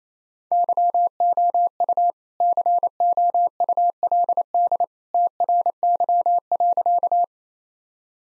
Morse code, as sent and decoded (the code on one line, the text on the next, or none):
-.-- --- ..- / -.-. --- ..- .-.. -.. / - .-. -.-- .-.-.-
YOU COULD TRY.